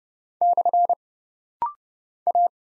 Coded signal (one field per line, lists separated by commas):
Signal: Morse code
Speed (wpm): 30 wpm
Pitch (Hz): 700 Hz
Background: none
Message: / A